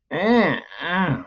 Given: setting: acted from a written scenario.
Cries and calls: vocal sound without words; disgust

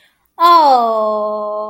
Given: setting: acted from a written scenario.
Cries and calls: vocal sound without words; adoration

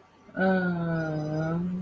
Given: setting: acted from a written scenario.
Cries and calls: vocal sound without words; serenity

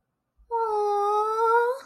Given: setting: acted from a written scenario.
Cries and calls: vocal sound without words; adoration

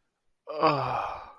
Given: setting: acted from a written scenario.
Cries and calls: vocal sound without words; contentment

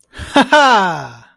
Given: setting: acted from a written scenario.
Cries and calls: vocal sound without words; amusement

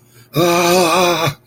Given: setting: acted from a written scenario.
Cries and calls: vocal sound without words; distress

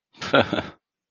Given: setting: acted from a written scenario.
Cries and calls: vocal sound without words; contempt

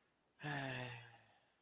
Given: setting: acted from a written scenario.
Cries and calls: vocal sound without words; relief

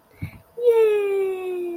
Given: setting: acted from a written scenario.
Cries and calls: vocal sound without words; adoration

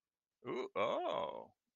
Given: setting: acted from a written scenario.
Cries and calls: vocal sound without words; positive surprise

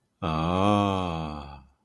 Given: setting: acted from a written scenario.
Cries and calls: vocal sound without words; romantic love

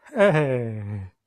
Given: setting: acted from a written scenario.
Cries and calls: vocal sound without words; elation

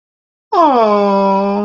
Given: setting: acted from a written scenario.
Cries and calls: vocal sound without words; adoration

